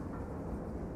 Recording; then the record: background sound without coughing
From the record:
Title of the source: Train Ride Ambience ambient white noise for sleeping, focus, studying, reading